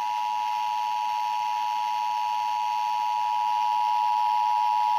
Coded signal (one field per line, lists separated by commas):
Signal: Emergency Alert System (SAME) tones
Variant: 853 and 960 Hz attention tone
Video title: EAS #135 - Required Monthly Test (AM/FM)